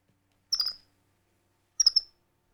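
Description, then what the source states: Capuchin monkey making two quick high-pitched squeaky chirps, each a stuttered double note, just over a second apart. Scared.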